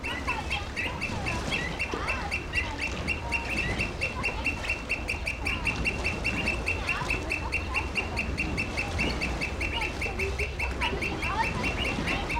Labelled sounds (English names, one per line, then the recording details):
Pied Avocet call
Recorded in captivity
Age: adult
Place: Zoo Berlin, Berlin, DE
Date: 1994-03-05 11:16
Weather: heiter, 4°C, Windböen
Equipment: Marantz CP 430, Sennheiser ME 80, Kopie Uher Variocord 263
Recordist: Tembrock, Günter